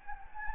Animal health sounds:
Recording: mosquito wingbeat signal from an infrared sensor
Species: Anopheles gambiae

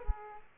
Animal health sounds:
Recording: mosquito wingbeat signal from an infrared sensor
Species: Aedes aegypti

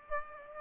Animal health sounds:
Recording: mosquito wingbeat signal from an infrared sensor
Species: Aedes aegypti

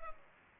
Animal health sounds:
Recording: mosquito wingbeat signal from an infrared sensor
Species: Culex pipiens

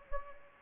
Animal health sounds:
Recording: mosquito wingbeat signal from an infrared sensor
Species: Anopheles gambiae

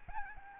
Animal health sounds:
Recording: mosquito wingbeat signal from an infrared sensor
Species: Aedes albopictus

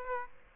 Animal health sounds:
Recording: mosquito wingbeat signal from an infrared sensor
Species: Aedes aegypti

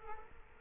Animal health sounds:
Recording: mosquito wingbeat signal from an infrared sensor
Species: Culex quinquefasciatus

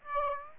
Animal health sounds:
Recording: mosquito wingbeat signal from an infrared sensor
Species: Aedes aegypti

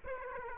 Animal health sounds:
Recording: mosquito wingbeat signal from an infrared sensor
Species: Aedes aegypti

